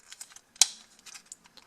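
Plastic side wall panels are pushed into the backpack of a Weaponizer Optimus Prime transforming toy from Transformers Prime. A few faint plastic ticks lead up to one loud, sharp snap at 0.6 s, followed by more light handling clicks. The panels seat in place and the backpack is assembled.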